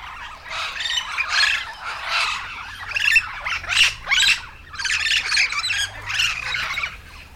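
Yellow-shouldered parrot with a run of separate grating squawks over a faint low hum.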